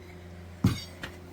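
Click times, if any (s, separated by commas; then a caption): none. During a trailer wheel bearing repack, a metal part, likely a seal or cap, is pushed or tapped into the wheel hub. A loud, low metallic knock rings out at about 0.6 s and fades over a fraction of a second, followed by a short, sharp tick near 1.0 s over a steady low hum. The part has not popped into place yet.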